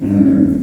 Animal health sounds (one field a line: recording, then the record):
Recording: squeal of a Yucatan mini pig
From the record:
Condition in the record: after surgery on the right vocal fold (resection and tissue-engineered implant)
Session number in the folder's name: 5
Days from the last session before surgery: 33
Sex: female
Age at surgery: 19 weeks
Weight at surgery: 25 kg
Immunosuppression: prednisolone